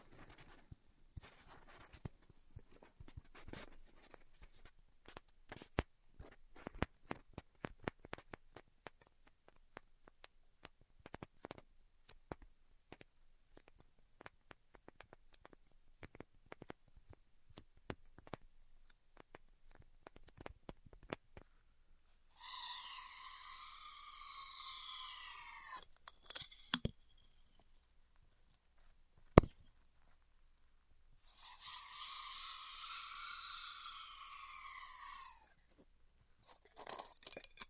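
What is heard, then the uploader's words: Styrofoam being heat cut: for the first twenty seconds, dense irregular crackling and snapping ticks come in quick bursts. Around 22 and 31 seconds, two longer squealing, hissing passes rise and fall in pitch, each several seconds long, separated by a few sharp clicks. ASMR Styrofoam Heat Cutting (No Talking).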